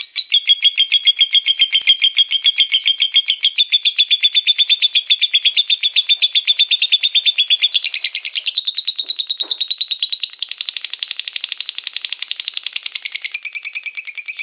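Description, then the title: Lovebird song: a long, continuous stream of rapid, high chattering notes without pause, softer in the second half and dropping slightly in pitch near the end. Champion bird, national-level winner. "Kicau Burung LoveBird, Suara Burung LoveBird Juara Nasional"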